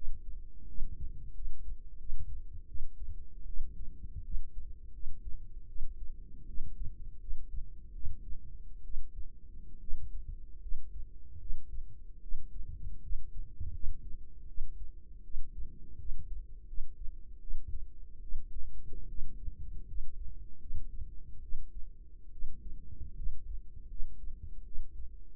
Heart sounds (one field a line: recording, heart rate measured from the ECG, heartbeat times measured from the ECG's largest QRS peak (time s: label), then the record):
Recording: heart sounds by microphone in the right ear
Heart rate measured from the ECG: 78 bpm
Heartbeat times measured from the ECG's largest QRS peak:
0.67 s: heartbeat
1.34 s: heartbeat
1.98 s: heartbeat
2.67 s: heartbeat
3.46 s: heartbeat
4.23 s: heartbeat
4.92 s: heartbeat
5.67 s: heartbeat
6.46 s: heartbeat
7.19 s: heartbeat
7.93 s: heartbeat
8.83 s: heartbeat
9.80 s: heartbeat
10.60 s: heartbeat
11.39 s: heartbeat
12.21 s: heartbeat
13.01 s: heartbeat
13.72 s: heartbeat
14.47 s: heartbeat
15.23 s: heartbeat
15.98 s: heartbeat
16.66 s: heartbeat
17.40 s: heartbeat
18.21 s: heartbeat
19.08 s: heartbeat
19.87 s: heartbeat
20.59 s: heartbeat
21.42 s: heartbeat
22.31 s: heartbeat
23.15 s: heartbeat
23.88 s: heartbeat
24.64 s: heartbeat
From the record:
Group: healthy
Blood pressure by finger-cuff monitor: 100/53 mmHg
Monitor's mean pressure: 67 mmHg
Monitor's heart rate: 79 bpm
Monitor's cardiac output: 7.3 L/min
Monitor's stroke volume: 93 mL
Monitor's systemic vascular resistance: 660 dyn s/cm5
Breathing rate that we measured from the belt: 19 breaths a minute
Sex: female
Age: 22 years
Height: 157 cm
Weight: 47.6 kg